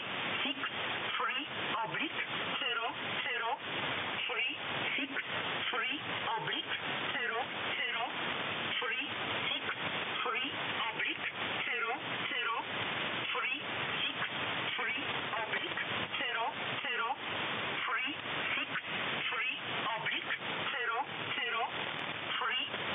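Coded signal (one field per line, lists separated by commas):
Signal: numbers station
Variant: E11 Oblique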